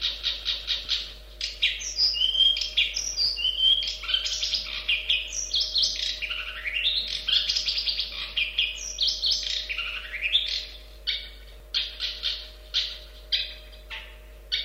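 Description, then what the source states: Long-tailed shrike song: a varied jumble of chattering and warbled phrases, ending in rapid repeated short notes, over a steady low hum. Training recording used to teach songbirds.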